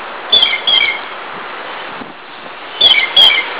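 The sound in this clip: Blue jay calls: two quick pairs of harsh, ringing notes, one pair near the start and another about two and a half seconds later, over a faint airy hiss.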